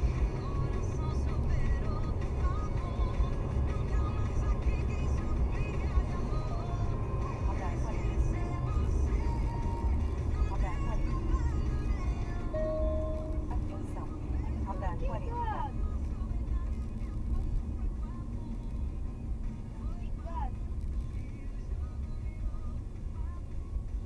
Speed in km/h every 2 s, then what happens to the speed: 117, 118, 118, 113, 97, 86, 73, 60, 53, 41, 35, 35.
0-5 steady at about 118. 5-24 brakes to 35.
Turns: none.